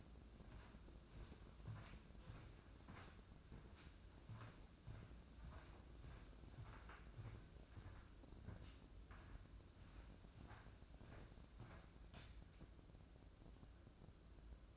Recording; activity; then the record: daily activity, microphone in the room; walk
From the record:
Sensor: 2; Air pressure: 995.8 hPa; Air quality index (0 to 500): 246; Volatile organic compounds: 1000 ppm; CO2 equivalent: 6059 ppm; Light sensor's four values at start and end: 33/78/34/38 and 34/80/35/39